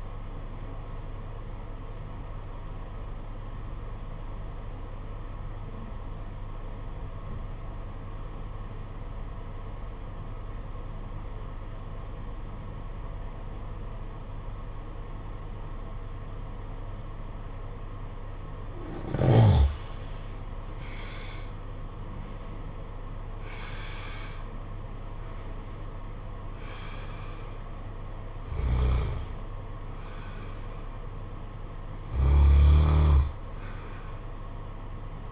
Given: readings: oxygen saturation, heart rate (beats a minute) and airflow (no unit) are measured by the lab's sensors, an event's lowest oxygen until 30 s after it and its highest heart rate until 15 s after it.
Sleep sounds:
breathing in sleep by a smartphone at the bedside; 1
4.00-20.30 s: obstructive apnea (N1, oxygen 95% highest, then 85% lowest, heart rate 54 at the start, 63 highest)
From the record:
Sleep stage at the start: N1 (lightest sleep); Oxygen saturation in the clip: 87 to 95%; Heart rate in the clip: 54 to 63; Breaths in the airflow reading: 5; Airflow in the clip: -7.9 to 13.7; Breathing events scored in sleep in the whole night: 476 in 9.7 hours asleep

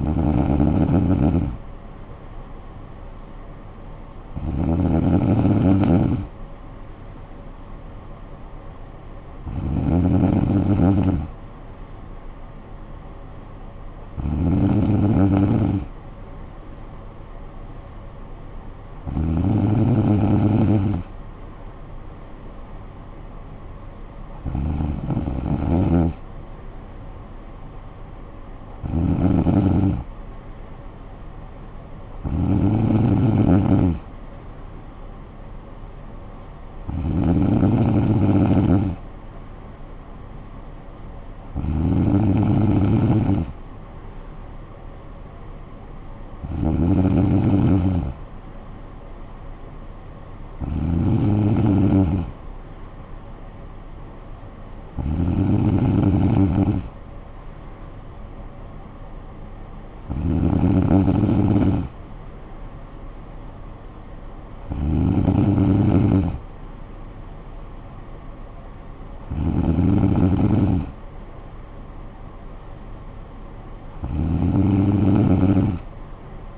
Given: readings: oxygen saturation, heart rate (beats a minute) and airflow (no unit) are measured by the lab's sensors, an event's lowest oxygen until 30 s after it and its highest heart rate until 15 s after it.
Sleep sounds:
breathing in sleep by a smartphone at the bedside; none
none scored
From the record:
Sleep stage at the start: N3 (deep sleep); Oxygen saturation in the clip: 94 to 96%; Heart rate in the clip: 54 to 59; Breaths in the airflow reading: 17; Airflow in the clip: -9.5 to 6.6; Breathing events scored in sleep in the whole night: 445 in 7.6 hours asleep

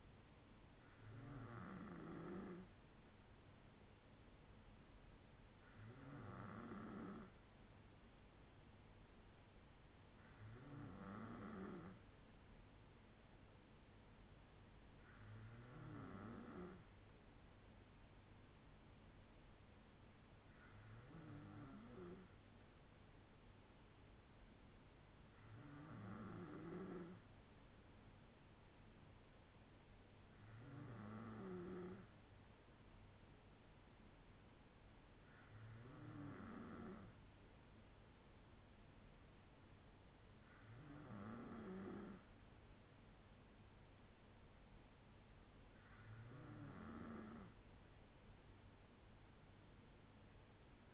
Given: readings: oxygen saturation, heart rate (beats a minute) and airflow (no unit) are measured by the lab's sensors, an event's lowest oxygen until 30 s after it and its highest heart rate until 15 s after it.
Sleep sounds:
breathing in sleep by a voice recorder at the bedside; none
none scored
From the record:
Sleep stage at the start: N2 (light sleep); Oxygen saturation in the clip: 93 to 94%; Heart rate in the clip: 58 to 68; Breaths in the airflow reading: 10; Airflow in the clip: -4.6 to 3.0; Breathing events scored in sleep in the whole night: 182 in 7.4 hours asleep

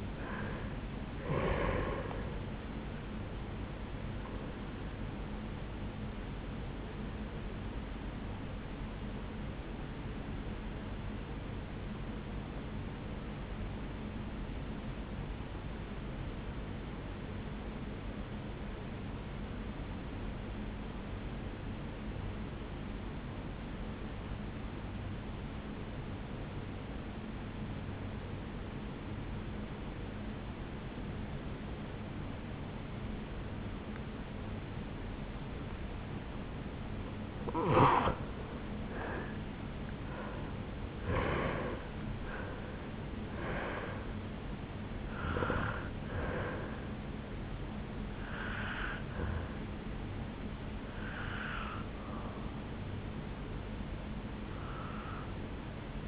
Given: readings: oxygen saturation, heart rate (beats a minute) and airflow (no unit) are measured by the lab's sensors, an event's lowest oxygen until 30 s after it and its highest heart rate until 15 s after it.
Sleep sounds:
breathing in sleep by a voice recorder at the bedside; 1
12.00-37.60 s: obstructive apnea (N1, oxygen 96% highest, then 83% lowest, heart rate 56 at the start, 76 highest)
20.00-56.08 s: new sleep stage, N2 (light sleep)
From the record:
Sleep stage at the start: N1 (lightest sleep); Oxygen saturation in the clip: 84 to 96%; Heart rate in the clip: 54 to 76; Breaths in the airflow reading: 7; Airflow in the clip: -12.9 to 7.7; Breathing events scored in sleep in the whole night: 449 in 7.0 hours asleep

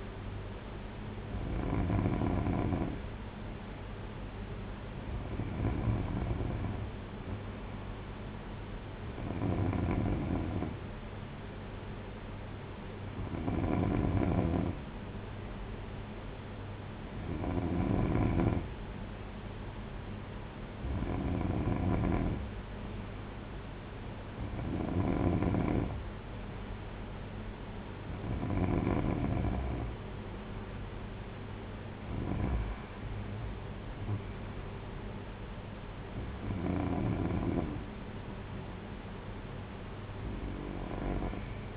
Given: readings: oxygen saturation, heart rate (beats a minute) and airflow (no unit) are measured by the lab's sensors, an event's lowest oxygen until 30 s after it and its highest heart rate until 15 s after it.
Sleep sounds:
breathing in sleep by a voice recorder at the bedside; none
none scored
From the record:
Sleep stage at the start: N3 (deep sleep); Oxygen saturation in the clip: 93 to 94%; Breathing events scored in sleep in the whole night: 226 in 8.8 hours asleep

